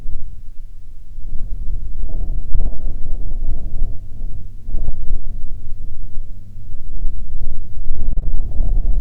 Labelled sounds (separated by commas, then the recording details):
aircraft
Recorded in the Prudhoe Bay oil fields, Alaska, on 31 July 2019 at 11:34
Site 11